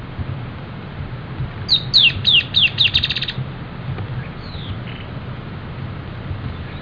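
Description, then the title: Dusky-tailed antbird song: a quick series of sharp, high, down-slurred notes that speeds into a short buzzy trill, then one fainter descending note, over low steady background hum. "LuckyPassaro Completos2Sama. Dusky-tailed Antbird (Drymophila malura)"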